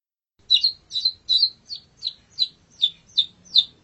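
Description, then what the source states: Long-tailed shrike song: a series of several sharp, high, slightly harsh notes. Model song used for training birds.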